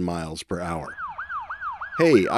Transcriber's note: siren sound